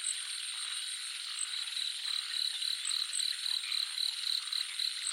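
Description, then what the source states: Frog croaks as short, evenly spaced high notes about four per second, over thick insect and cricket trilling that never stops. Jungle nature soundscape, frogs calling together with crickets.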